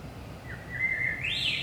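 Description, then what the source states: Common blackbird giving a single short fluted phrase, a low warble that rises into a thin high flourish at the end, with a faint low hum beneath. Saint-Gilles, Belgium, early morning around 5 am; recorded with DPA 4060 microphones in AB stereo position into a Zoom F3.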